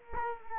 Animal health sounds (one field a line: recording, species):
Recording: mosquito wingbeat signal from an infrared sensor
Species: Culex quinquefasciatus